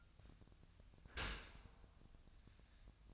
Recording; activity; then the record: daily activity, microphone in the room; open dishwasher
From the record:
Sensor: 2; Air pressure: 1004.5 hPa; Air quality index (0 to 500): 109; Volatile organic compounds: 3 ppm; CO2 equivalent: 1324 ppm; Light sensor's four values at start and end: 6/15/6/6 and 6/15/6/6